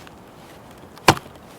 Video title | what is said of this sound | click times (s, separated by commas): Spark R&D Women's Surge 2021 Splitboard Binding Review | and it kind of locks into place so if you put it up it's going to stay up it's not going to be flopping around on you | 1.1 s